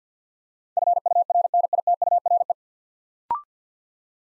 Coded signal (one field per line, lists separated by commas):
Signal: Morse code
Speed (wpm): 50 wpm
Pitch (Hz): 700 Hz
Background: none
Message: FURNITURE